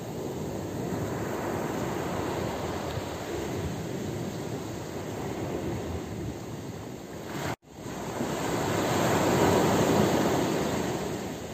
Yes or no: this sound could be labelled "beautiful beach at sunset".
yes